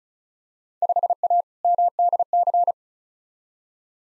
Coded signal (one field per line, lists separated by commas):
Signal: Morse code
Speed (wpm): 36 wpm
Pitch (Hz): 700 Hz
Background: none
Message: 5A MDC